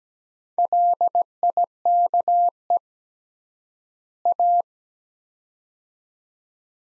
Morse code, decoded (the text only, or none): LIKE A